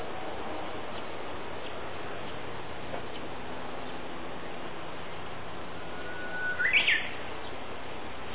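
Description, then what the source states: Japanese bush warbler singing a single phrase near the end. A long even whistle leaps into a brief bright upward trill, with steady background noise throughout. April 2018.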